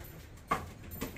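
A 4-foot LED strip light fixture is squeezed with both hands and snapped into its ceiling mount on a food truck. It clicks into place at 0.5 s and is seated, holding tight so it stays put while driving. A second, softer knock follows at 1.2 s.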